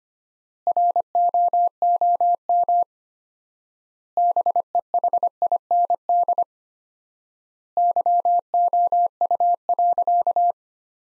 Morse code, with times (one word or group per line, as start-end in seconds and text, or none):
0.7-2.8 ROOM
4.2-6.4 BEHIND
7.8-10.5 YOU.